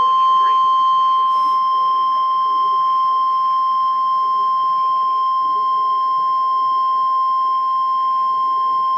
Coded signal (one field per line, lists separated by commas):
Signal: Emergency Alert System (SAME) tones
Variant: 1050 Hz attention tone